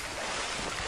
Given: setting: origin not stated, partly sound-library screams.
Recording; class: one-second piece from a danger detection set; normal situation